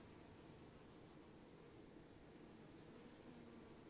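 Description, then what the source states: Bees in a swarm make a continuous, even drone of overlapping wingbeats, low and textured, with a thin high hiss above. Bees recorded while swarming.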